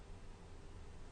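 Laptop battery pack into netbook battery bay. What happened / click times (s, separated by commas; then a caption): Handled, not yet seated: no latch click heard / none. A laptop battery pack is handled as it is slid in from the back of a netbook into its battery bay. Only steady, broadband hiss with faint rustling is heard, with no sharp transients. Nothing has seated or clicked yet; the battery is not yet home.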